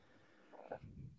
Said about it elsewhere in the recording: It wasn't a burp, it was a gurgle. I had some peppermint tea.